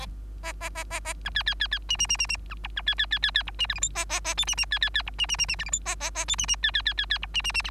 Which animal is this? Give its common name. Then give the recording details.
Bengalese Finch. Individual Bird3